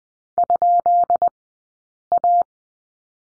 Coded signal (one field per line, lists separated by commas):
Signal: Morse code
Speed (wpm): 20 wpm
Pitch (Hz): 700 Hz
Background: none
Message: ?A